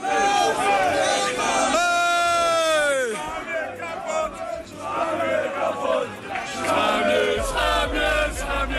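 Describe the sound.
At an amateur football cup final in Apeldoorn, the crowd chants loudly in unison in protest at hooligans, singing "schaam je kapot", many voices holding sung notes that swell and fall, backed by a steady roar of shouting and noise from the stands throughout.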